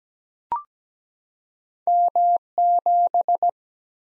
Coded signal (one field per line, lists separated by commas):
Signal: Morse code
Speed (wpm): 17 wpm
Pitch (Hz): 700 Hz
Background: none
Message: M7